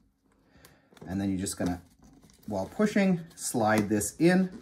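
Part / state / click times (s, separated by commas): stroller seat fastening clip onto the seat frame bar / not seated / none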